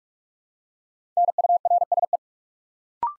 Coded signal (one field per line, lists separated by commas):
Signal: Morse code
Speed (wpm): 44 wpm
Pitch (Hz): 700 Hz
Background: none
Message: NURSE